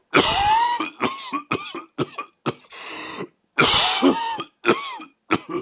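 An adult coughing in two bouts. Each bout opens with a loud, harsh cough followed by several shorter coughs. A breathy inhalation separates the two bouts.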